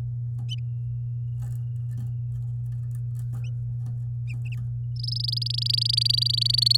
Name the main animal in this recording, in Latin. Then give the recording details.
Serinus canaria. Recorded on 11 May 2018 at 08:46. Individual llb16